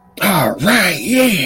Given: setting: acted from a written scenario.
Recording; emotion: vocal sound without words; triumph